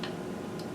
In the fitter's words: y entendre le clic c'est